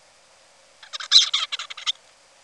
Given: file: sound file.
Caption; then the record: Song of bird #6 (56 days post-hatch).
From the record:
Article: Common Features of Neural Activity during Singing and Sleep Periods in a Basal Ganglia Nucleus Critical for Vocal Learning in a Juvenile Songbird